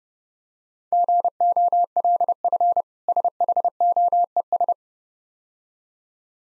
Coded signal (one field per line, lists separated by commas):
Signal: Morse code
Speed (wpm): 29 wpm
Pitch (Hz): 700 Hz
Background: none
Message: GOLF SHOES